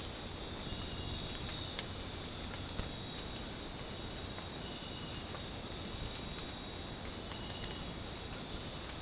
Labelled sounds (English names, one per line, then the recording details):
none
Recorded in secondary vegetation near Puerto Asís, Putumayo, Colombia, on 22 December 2024 at 21:30
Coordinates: 0.481, -76.318
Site G042